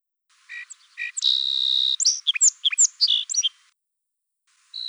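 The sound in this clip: Song sparrow singing: a few short introductory notes, then a long steady buzz, followed by a quick run of sharp, varied chips and slurred notes.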